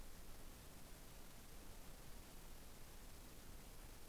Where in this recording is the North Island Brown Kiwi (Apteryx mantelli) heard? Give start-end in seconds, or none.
none